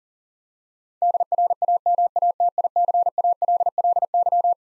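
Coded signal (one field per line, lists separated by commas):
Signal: Morse code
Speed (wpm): 37 wpm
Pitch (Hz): 700 Hz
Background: none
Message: DRAMATICALLY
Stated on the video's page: Head-copy drill of twelve-letter words sent at 40wpm, each word sent twice.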